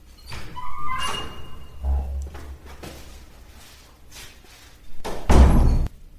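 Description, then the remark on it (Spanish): Footsteps of someone approaching: a handful of heavy, irregular thuds with scraping in between, ending in a louder, fuller thump. No one speaks. “Oye, ¿se oyen pasos? Sí, la verdad es que sí. Parece que viene alguien.”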